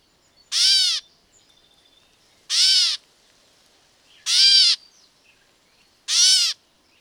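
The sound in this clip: Catbird giving cat-like mews, each brief and slurred, four in a row at steady intervals of roughly two seconds.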